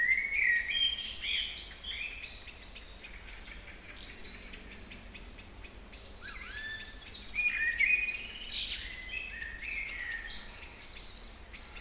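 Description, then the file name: Songbirds sing lively, twittering phrases at the start and again after six seconds, with a steady high-pitched hum running throughout. Kouri Forest, Thessaloniki (Salonika), Greece; recorded 22 05 12 at 18:35. "Singing Birds Kouri Forest Salonika 22 05 12 18 35"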